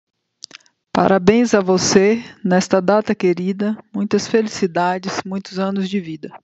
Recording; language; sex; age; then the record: short text; Brazilian Portuguese; female; 40 to 49 years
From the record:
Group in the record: control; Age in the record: 49 years